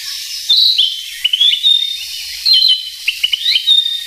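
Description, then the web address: Narcissus flycatcher singing short bright phrases of sliding whistles and quick chirps, linked by a held thin tone. "sikioto. kibitaki"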